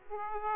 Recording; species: mosquito wingbeat signal from an infrared sensor; Aedes aegypti